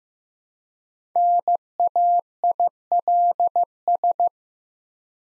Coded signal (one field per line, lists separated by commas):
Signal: Morse code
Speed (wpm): 15 wpm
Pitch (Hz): 700 Hz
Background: none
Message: NAILS